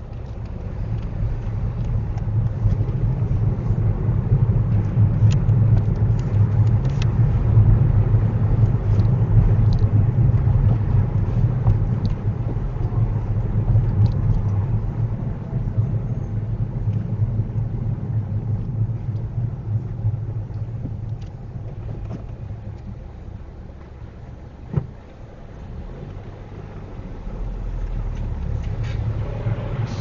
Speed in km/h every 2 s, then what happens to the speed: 13, 15, 19, 24, 24, 26, 24, 23, 16, 11, 5, 0, 0, 0, 11.
0-6 speeds up to 24. 6-11 steady at about 24. 11-22 slows to 0. 22-27 standing. 27-30 pulls away to 11.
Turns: 0-6.